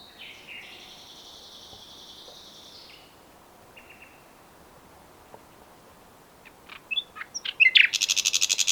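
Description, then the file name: Common nightingale song: soft drawn-out whistles and a brief trill, then a loud, rapid series of repeated sharp notes building at the end. "Luscinia megarhynchos"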